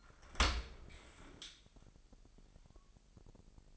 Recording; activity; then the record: daily activity, microphone in the room; open dishwasher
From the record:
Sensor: 5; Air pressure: 1000.7 hPa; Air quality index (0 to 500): 248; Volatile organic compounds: 35 ppm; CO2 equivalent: 3054 ppm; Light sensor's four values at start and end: 31/71/28/26 and 31/72/29/27